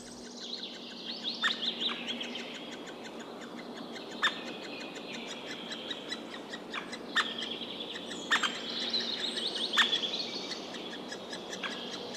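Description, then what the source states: White-backed Woodpecker nestlings giving a busy stream of high, rapid begging calls, broken by a few sharp clicking knocks, with faint low background noise. Nestlings begging with parent answering; recorded decades ago in late May beside Pajulahti road, Nastola, Finland.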